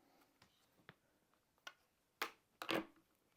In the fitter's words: It snaps into place.